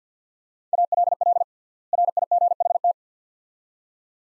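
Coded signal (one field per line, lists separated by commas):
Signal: Morse code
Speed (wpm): 49 wpm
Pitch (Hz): 700 Hz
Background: none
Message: ALL RIGHT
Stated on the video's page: Morse practice of two-word sets at 50 wpm with 3x word spacing, a word-level analogue of Farnsworth.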